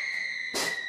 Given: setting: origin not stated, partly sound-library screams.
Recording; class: one-second piece from a danger detection set; woman in danger